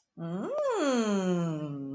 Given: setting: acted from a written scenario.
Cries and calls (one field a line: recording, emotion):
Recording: vocal sound without words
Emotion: interest